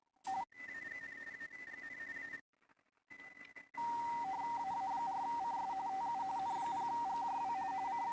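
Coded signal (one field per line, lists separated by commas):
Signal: RTTY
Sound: rapid warbling between two close tones, after earlier steady tones and static bursts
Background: radio static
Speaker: Now, just because I can hear them doesn't guarantee that they can hear me.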